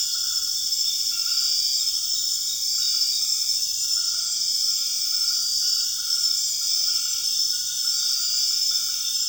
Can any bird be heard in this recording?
no